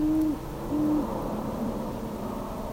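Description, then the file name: Great horned owl hooting, two deep, even hoots in quick succession followed by a fainter third, over a low steady background hum. "Great Horned Owl - Bubo virginianus"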